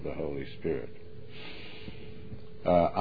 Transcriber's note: inhales deeply